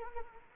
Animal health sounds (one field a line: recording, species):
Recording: mosquito wingbeat signal from an infrared sensor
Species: Anopheles arabiensis